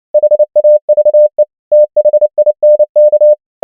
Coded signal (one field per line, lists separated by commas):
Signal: Morse code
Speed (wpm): 29 wpm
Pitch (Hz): 600 Hz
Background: none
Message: HAVE THINK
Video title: morse code practice | 29wpm | 100 most common words | ENGLISH